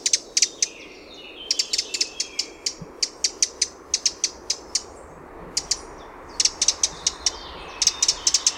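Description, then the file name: Eurasian wren producing rapid, dry clicking calls in runs of three to five, nearly continuous, against a steady low rushing noise. "Troglodytes troglodytes"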